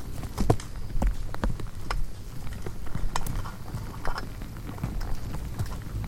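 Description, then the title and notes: Swarming insects make scattered sharp clicks and knocks against a bulb, with a constant low drone underneath. Hundreds of insects frantically congregating at night around the only light, a porch bulb on a wildlife ranch at Mmabolela, South African savannah; November 2016; mix of six mics including miniature omnis. "One Lightbulb. Hundreds of bugs are frantically congregating around the sole light source present at night, a bulb hanging on the porch of a wildlife ranch in South Africa. Angélica Castelló"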